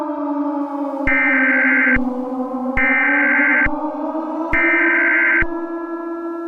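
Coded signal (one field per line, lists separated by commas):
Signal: Emergency Alert System (SAME) tones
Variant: header bursts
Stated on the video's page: Fictional EAS scenario, not a real alert.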